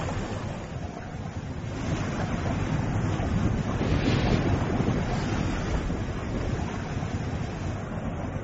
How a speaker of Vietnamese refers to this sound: Nước Tro đủ dạng chảy xiết, tiếng ầm ầm tạo cảm giác rần rần.